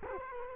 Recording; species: mosquito wingbeat signal from an infrared sensor; Culex quinquefasciatus